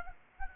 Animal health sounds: mosquito wingbeat signal from an infrared sensor; Anopheles arabiensis

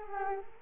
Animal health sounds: mosquito wingbeat signal from an infrared sensor; Culex quinquefasciatus

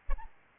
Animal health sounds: mosquito wingbeat signal from an infrared sensor; Aedes albopictus

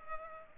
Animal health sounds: mosquito wingbeat signal from an infrared sensor; Culex pipiens

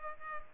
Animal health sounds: mosquito wingbeat signal from an infrared sensor; Culex pipiens

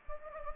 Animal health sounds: mosquito wingbeat signal from an infrared sensor; Anopheles gambiae

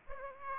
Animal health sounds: mosquito wingbeat signal from an infrared sensor; Aedes aegypti

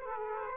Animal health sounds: mosquito wingbeat signal from an infrared sensor; Aedes aegypti

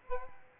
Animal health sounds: mosquito wingbeat signal from an infrared sensor; Aedes albopictus

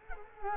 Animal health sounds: mosquito wingbeat signal from an infrared sensor; Culex quinquefasciatus

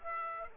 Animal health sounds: mosquito wingbeat signal from an infrared sensor; Aedes aegypti

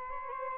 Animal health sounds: mosquito wingbeat signal from an infrared sensor; Aedes albopictus

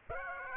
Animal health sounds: mosquito wingbeat signal from an infrared sensor; Aedes aegypti

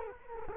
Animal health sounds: mosquito wingbeat signal from an infrared sensor; Culex quinquefasciatus

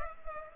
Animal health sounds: mosquito wingbeat signal from an infrared sensor; Culex pipiens

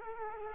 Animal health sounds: mosquito wingbeat signal from an infrared sensor; Culex quinquefasciatus

